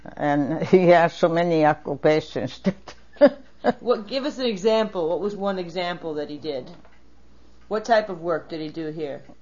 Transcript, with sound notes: And he had so many occupations. (laughs)
Well, give us an example, what was one example that he did? What type of work did he do here?